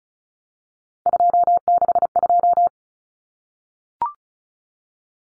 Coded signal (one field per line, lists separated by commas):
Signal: Morse code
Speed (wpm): 34 wpm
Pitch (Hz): 700 Hz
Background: none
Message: 262